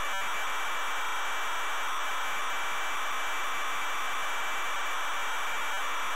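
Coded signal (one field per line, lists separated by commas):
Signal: ZX Spectrum tape loading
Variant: ZX Spectrum cassette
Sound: continuous harsh raspy data screech with a faint steady high whine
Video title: ZX SPECTRUM Loading Driller 1987 Incentive Software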